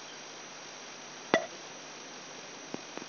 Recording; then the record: brain microelectrode recording played as sound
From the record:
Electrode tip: outside the subthalamic nucleus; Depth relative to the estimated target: 4 mm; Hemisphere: right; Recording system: AlphaMap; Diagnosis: Parkinson's disease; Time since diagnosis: 10 years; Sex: male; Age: 58 years